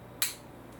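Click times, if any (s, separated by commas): 0.2 s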